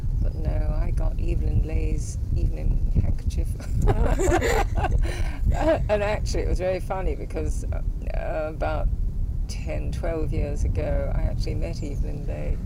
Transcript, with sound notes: But no, I got Evelyn Laye's evening handkerchief. [laughs]
Aw. [laughs]
And actually it was very funny. Because, erm about ten, twelve years ago, I actually met Evelyn Laye.